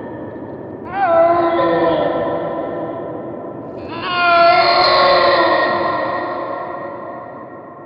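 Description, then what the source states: Snow leopard yowls: two long, moaning calls about three seconds apart, each starting with a sharp rise, then holding a harmonic wail before tapering off. Suggested as the source of many reported Yeti roars in the Himalayas; described as a very creepy, unnerving sound.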